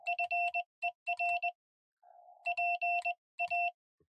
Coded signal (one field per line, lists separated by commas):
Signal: Morse code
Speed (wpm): 20 wpm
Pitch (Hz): 700 Hz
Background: none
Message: FER PA